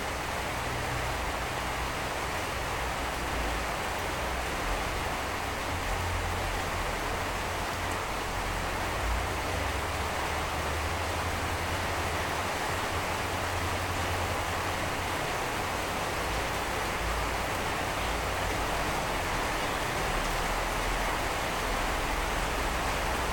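Rain falls on the metal sheet roof of a house, a steady, dense hiss with no pauses for the full 23 seconds. The patter is fine and even, with a faint low rumble running underneath and a slight brightness on top.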